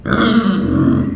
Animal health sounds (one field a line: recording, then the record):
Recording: squeal of a Yucatan mini pig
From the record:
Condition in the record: after surgery on the right vocal fold (resection and tissue-engineered implant)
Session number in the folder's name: 6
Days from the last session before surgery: 40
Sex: female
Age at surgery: 19 weeks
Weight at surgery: 25 kg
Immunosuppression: prednisolone